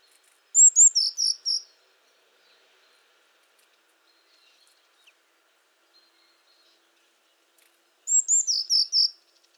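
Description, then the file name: Eurasian blue tit giving two phrases about seven seconds apart, each with thin high notes, then a quick tumbling series of lower notes. Silence between them. "Cyanistes caeruleus"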